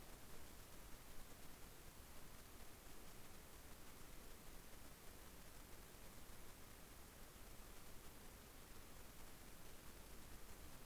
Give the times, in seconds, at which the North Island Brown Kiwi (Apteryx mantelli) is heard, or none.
none